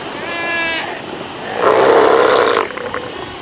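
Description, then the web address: South American sea lion calls: a short harmonic bleat followed by a louder, broad, hoarse roar lasting about a second. "earth naturelibrary assets s so south american sea lion"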